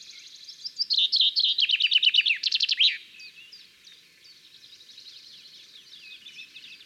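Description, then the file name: Common chaffinch singing a fast, descending rattle of high notes ending in a quick flourish, followed by softer twittering in the background. "Fringilla coelebs"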